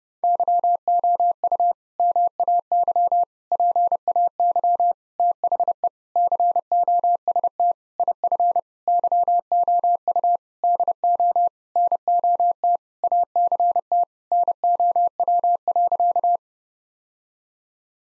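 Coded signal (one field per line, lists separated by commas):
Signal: Morse code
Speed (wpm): 30 wpm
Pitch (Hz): 700 Hz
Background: none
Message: YOU MAY PAY THE COST IF YOU DO NOT ACT NOW.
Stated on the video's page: Morse practice at 30 wpm: sentences of common eight-word phrases, sent, spoken, then sent again, for head-copy training.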